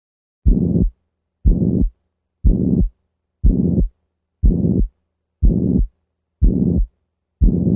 The murmur of degenerative mitral valve disease is typically a relatively high-pitched regurgitant quality murmur. Simulated regurgitant murmur of mitral valve disease.